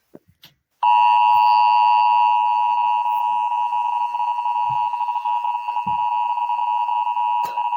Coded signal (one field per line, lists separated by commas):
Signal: Emergency Alert System (SAME) tones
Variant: 853 and 960 Hz attention tone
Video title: 5 emergency alert system in 5:06 seconds.